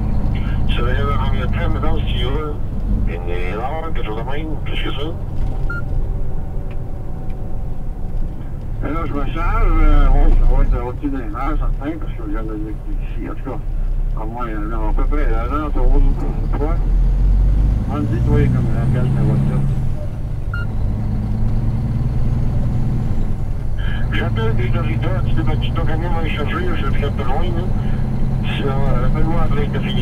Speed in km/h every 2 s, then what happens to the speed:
56, 52, 49, 46, 35, 23, 13, 12, 20, 29, 32, 37, 41, 44, 46.
0-13 slows to 12. 14-30 speeds up to 46.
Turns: none.